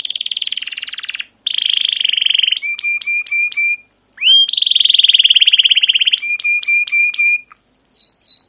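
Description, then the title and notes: Canary song with long buzzy rolling trills alternating with rows of sharp ticking notes and short rising whistles. Captive canary, long continuous chirping song used as a training track for young canaries to learn song. "CUIT CUIT NGEROL LANGSUNG GACOR PANJANG Kenari Ini AMPUH Utk Pancingan KENAR. PANCINGAN Kenari GACOR PANJANG Cuit CUIT EMOSI ini AMPUH utk MASTERAN Kenari PAUD belajar BUNYI. burung kenari"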